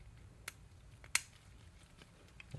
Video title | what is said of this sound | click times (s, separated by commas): Rebuilding the Stock Turbo! Garrett TP38 - OBS Ford Power Stroke 7.3L | There you go. Snaps into place. | 1.2 s